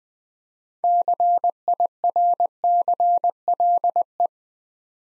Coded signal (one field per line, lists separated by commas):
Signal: Morse code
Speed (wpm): 20 wpm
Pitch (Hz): 700 Hz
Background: none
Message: CIRCLE